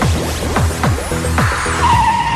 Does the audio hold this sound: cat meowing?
no